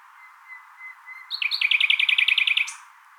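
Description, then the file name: Common nightingale song: quiet piping notes, then a fast loud series of clipped repeated notes ending in a harsh buzz. "Luscinia megarhynchos"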